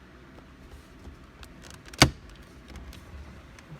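An aftermarket radio head unit in its plastic dash kit is pressed into the dashboard opening of a 2013 Kia Optima SXL 2.0T, with attention to the lower tabs. A few faint ticks lead up to a single loud, sharp plastic click at 2.0 s as the unit snaps in and seats. Low rustling follows.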